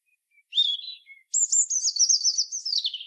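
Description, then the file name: European robin song: a thin faint note, a short warbled phrase, then a long sparkling high trill that slowly slides downward. "Erithacus rubecula"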